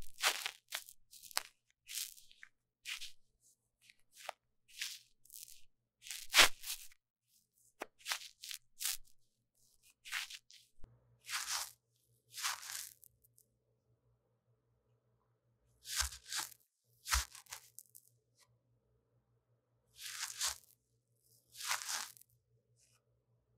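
Microphone ear deep cleaning: bursts of crisp, crunchy scraping and rustling come in quick clusters for the first thirteen seconds, then pause. After a gap, a few longer crackling swipes return near 16, 17, 20 and 22 seconds. A low steady hum runs underneath from about eleven seconds onward.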